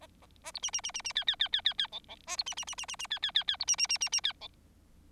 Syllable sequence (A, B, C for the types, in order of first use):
A A A B C C C C C D D D D D D E E A B C C C C C C D D D D B C C C C C D E